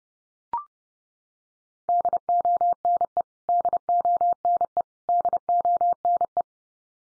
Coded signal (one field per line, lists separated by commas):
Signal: Morse code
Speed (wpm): 30 wpm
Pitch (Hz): 700 Hz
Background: none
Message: DONE DONE DONE